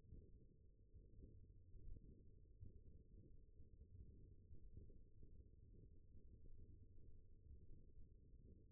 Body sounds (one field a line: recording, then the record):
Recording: forearm muscle sounds (acoustic myography)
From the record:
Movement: finger pinch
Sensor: system 1, eight BSWA MPA416 microphones around the upper forearm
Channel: 3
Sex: male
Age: 21 years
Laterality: right